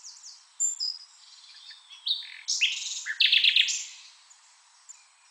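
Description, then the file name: Common nightingale song: brief high notes, then a loud burst of varied phrases ending in a quick run of repeated, sharply stressed notes, fading to quiet chirps. "Luscinia megarhynchos"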